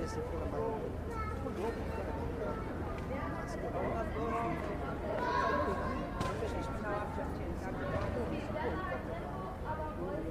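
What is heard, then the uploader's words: A busy plaza in Italy, full of overlapping Italian conversation from many people. A steady low rumble of traffic runs underneath the whole time, with scattered footsteps and brief clicks, and the crowd swells slightly around the middle. Plaza Di Pietro. The sounds of a busy plaza in Italy. You can hear the sound of Italian conversations, footsteps, and traffic.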